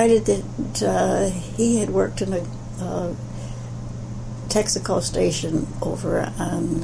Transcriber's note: none